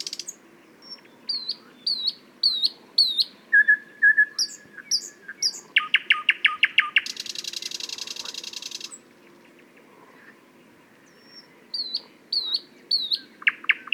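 Thrush nightingale singing varied phrases: repeated high whistled notes, a short fluty series, a loud rattling burst, a long buzzy trill, then after a pause, more whistles.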